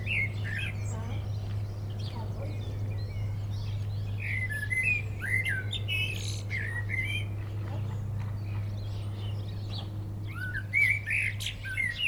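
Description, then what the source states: Common blackbird song, fluting phrases scattered throughout over a steady low hum. Perched atop a tree singing in Châtillon village, Chindrieux, France; Zoom H4n Pro set vertically on the ground, preamp level 100.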